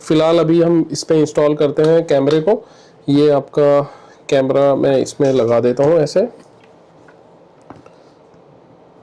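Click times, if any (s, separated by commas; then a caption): none. Someone talks while fitting an action camera onto the quick-release holder of a chin mount. After the speech stops, a few faint handling taps are heard between 6.6 and 7.9 seconds. Nothing has seated or clicked yet.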